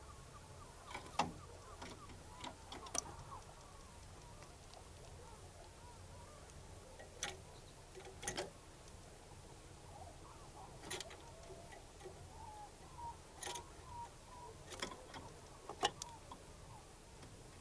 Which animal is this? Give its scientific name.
Carduelis flammea